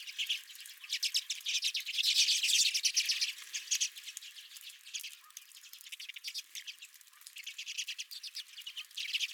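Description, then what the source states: Redpolls in a busy flock chorus, overlapping quick buzzy chips with a louder surge of chatter early on. Several redpolls at the recordist's own feeder.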